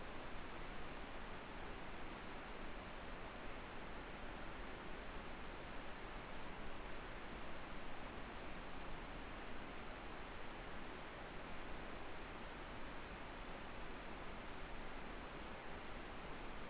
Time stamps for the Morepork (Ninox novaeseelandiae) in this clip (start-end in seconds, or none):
none